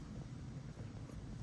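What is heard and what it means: A dash cam housing is lined up with the factory overhead console of a Mk8 GTI before being pushed in, with only a steady low rumble and faint handling noise heard. Nothing has seated or clicked yet.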